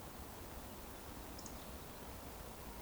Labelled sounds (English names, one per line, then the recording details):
Eurasian Woodcock whistle
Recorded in Baden-Württemberg, Germany, on 24 June 2020 at 19:29 UTC
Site 14569, 102 m above sea level